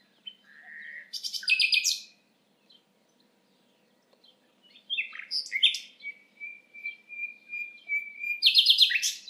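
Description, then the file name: Common nightingale song: a short phrase ending in a harsh, buzzy high burst, a pause, then varied notes leading into a long steady whistle, ending in a loud rattling flourish. "Luscinia megarhynchos"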